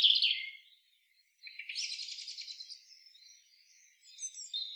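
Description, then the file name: European robin giving high, thin warbling: a bright opening note, then a softer buzzy, jumbled run of high notes fading and returning briefly. "Erithacus rubecula"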